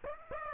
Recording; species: mosquito wingbeat signal from an infrared sensor; Aedes aegypti